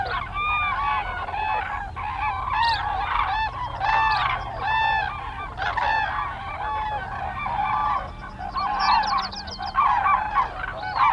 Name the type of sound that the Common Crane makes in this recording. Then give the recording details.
call. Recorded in the wild. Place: Trent, Insel Rügen, Mecklenburg-Vorpommern, DE. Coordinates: 54.495, 13.302. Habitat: Forest. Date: 1977-03-27 09:37. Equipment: Nagra III BH, Sennheiser MD 21, parabola. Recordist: Schubert, Michael